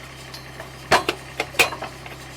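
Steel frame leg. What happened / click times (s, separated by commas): Handled, not yet home: the support leg has not locked yet / none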